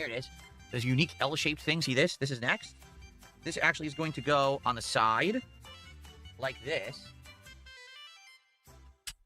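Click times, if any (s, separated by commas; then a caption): 9.1 s. Someone talks over background music while fitting an L-shaped plastic LEGO piece onto the side of a LEGO model. A short, sharp snap is heard at 9.1 s as the piece seats in place.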